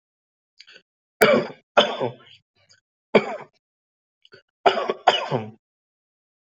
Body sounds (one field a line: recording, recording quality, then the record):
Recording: heavy voluntary cough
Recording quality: excellent, no background noise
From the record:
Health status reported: healthy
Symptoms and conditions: none ticked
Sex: male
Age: 32 years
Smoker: not ticked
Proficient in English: yes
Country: India